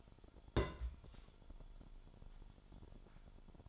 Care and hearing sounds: daily activity, microphone in the room; place on stove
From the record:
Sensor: 5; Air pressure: 1008.1 hPa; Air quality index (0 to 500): 111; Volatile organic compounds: 1 ppm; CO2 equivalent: 862 ppm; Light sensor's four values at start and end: 28/62/26/26 and 28/62/26/26

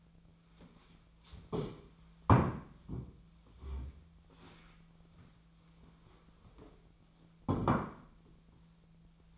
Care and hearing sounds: daily activity, microphone in the room; stand up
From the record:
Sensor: 1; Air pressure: 1008.2 hPa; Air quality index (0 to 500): 192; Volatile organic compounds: 17 ppm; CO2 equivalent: 2594 ppm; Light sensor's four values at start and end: 14/36/14/16 and 14/35/14/16

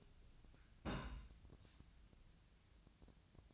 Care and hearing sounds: daily activity, microphone in the room; place on stove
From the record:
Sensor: 2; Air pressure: 1009.9 hPa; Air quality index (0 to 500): 178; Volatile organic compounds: 10 ppm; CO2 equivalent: 2232 ppm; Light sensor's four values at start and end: 31/76/33/36 and 31/76/33/36

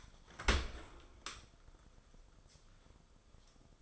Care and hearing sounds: daily activity, microphone in the room; open dishwasher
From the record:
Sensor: 5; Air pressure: 994.5 hPa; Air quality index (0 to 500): 195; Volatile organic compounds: 1000 ppm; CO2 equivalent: 5746 ppm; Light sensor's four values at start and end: 51/154/61/67 and 52/155/61/68

